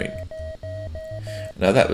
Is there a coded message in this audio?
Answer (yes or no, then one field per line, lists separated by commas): no